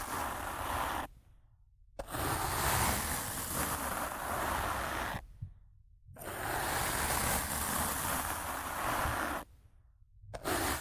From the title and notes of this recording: Rough Mic Scratching & Brushing (No Talking).